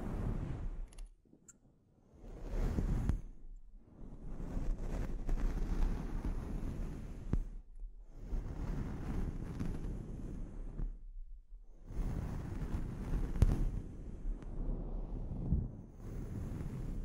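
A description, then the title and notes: Scalp treatment heard as long stretches of dense, low rubbing and scrubbing noise, like hands or a tool working through hair. The sound drops away briefly near 1, 7.5 and 11 seconds, then resumes, with a few faint clicks scattered through. ASMR Sleep Inducing Scalp Treatment (No Talking).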